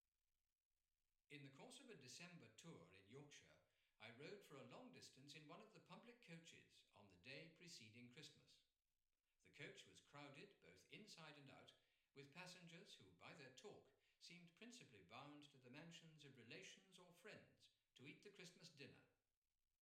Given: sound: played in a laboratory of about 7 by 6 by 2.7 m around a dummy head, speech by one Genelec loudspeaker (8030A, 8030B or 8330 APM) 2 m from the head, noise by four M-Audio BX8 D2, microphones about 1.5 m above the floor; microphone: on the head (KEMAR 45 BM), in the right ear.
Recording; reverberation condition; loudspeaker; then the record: male speech in English; medium; 30 degrees to the right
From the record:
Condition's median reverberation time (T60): about 510 ms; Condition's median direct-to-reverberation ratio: about -0.5 dB